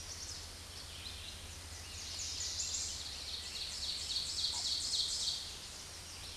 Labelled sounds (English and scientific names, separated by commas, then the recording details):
Ovenbird (Seiurus aurocapilla) song
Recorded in a Pennsylvania forest on 16 May 2024 at 07:34
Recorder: AudioMoth, point MSD-0475
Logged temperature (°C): 12.3 °C
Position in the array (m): 169 m, -27 m